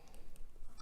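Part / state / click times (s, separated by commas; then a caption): round plastic model part into a tapered hole in the model frame / not seated / none. A round plastic part from a DeAgostini Modelspace Build Your Own X-Wing scale model kit is pushed by hand into a tapered hole in the model frame, wider at the top than at the bottom so the part will snap in and lock. Only faint, quiet ticks and light handling scrapes are heard around 0.1, 0.4, 0.8 and 0.9 seconds over a low background. The part has not seated or clicked yet.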